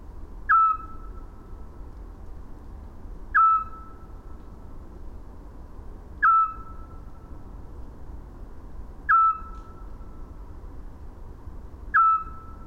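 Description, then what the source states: Eurasian scops owl repeating a clear, monotonous whistled 'tyoo' note at regular intervals near three seconds, five notes, with low background noise throughout. Recorded at Landshut, Germany, on 5 May 2018.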